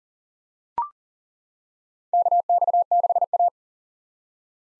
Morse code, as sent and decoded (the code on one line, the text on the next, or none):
-.- -..- -.... .-
KX6A